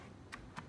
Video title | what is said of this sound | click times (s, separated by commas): How to install four RAM modules in a Dell Precision 7530 Laptop | pins engage and it locks into place and then | 0.3 s, 0.6 s